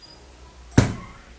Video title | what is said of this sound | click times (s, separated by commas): How I Store And Reheat My FREEZER MEALS | khi nó đóng lại, bạn sẽ nghe thấy. Bạn sẽ nghe thấy tiếng kết thúc. Nghe này, đó là cách bạn biết nó được niêm phong kín | 0.8 s